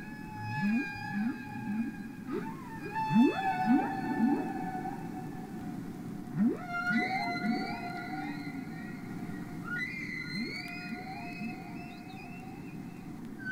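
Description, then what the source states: Humpback whale song with repeated low upward sweeps and sustained, slightly wavering tones, some higher notes bending upward midway. Played back from a record, the 1970 humpback whale song album.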